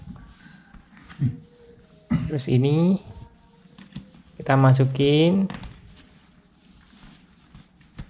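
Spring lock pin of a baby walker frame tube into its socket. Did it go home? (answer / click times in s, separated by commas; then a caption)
yes / 7.8 s, 8.0 s. A plastic baby walker frame tube is pushed into its socket while someone talks, with light handling taps along the way. The spring lock pin snaps into place with sharp clicks at 7.8 s and 8.0 s, and the tube is confirmed seated so the frame is safe.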